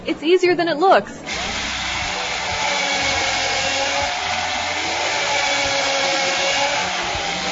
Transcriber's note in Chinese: Fade with drill sound